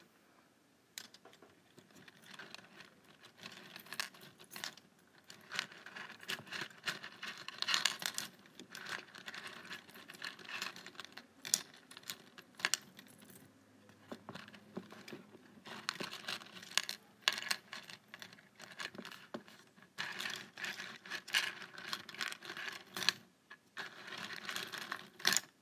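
A paperclip taps and skitters across a tabletop in quick, irregular bursts of bright metallic clicks, some clusters thick and rattling, others sparse. The tapping runs nearly the whole time with brief pauses, including one around 23 seconds, over a faint low hum.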